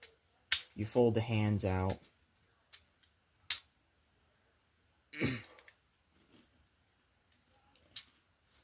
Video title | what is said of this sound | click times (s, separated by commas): Transformers Studio Series 86 Constructicons | You push these down for the shoulders so they lock into place. | 0.0 s, 0.5 s